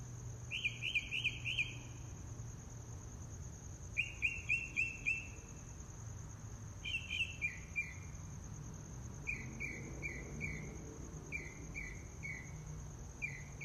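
Mockingbird song: rapid phrases, each repeated several times before switching to a new type, with a steady high insect whine and low hum throughout.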